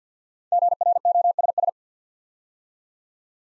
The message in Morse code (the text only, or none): GROSS